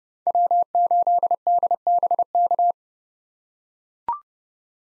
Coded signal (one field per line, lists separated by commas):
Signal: Morse code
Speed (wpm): 30 wpm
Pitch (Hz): 700 Hz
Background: none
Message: W8DBK